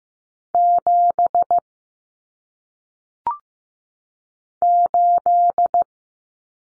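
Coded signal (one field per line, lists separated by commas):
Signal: Morse code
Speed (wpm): 15 wpm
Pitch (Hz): 700 Hz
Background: none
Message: 7 8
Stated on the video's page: Lesson on common single-digit cut numbers at 15 wpm; T, A, N stand for 0, 1, 9; each sent, spoken, sent again.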